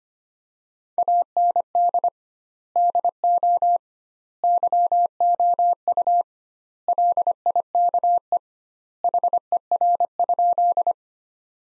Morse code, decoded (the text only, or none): AND DO YOU LIKE HER?